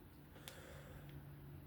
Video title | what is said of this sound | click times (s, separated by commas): Civivi Elementum Button Lock disassembly maint after Sharpening #tools #edc #foldingknife | You'll hear that wonderful snap. | 0.5 s